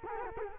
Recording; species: mosquito wingbeat signal from an infrared sensor; Culex quinquefasciatus